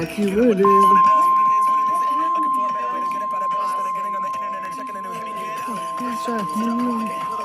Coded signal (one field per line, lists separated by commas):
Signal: Emergency Alert System (SAME) tones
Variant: 1050 Hz attention tone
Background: speech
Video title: WWG53 RWT (EAS 132)